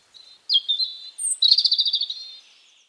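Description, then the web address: European robin song phrase: thin high whistles leading into a fast, sparkling trill with sharp upper notes, then fading out. "SETE Erithacus rubecula"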